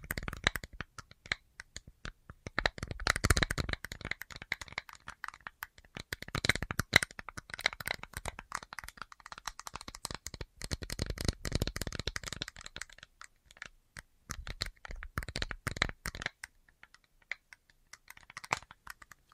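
An assortment of quick tapping sounds, dense and irregular, with many sharp clicks packed close together. Bursts grow busier and louder around 3 and 7 seconds and again near 11, then thin out toward the end with sparser, lighter taps.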